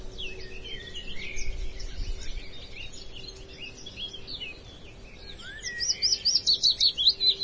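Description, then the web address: Woodland birds in a dawn chorus: many overlapping high chirps and warbles, then a loud, rapid series of repeated notes near the end, over a faint steady low hum. "dawn chorus woodland atmosphere"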